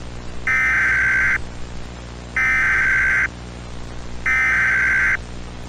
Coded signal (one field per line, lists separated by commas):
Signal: Emergency Alert System (SAME) tones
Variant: header bursts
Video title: EAS Mock - "Wtf Alaska gets tornadoes??" (NEW SCREEN BTW Kinda similar to DASDEC)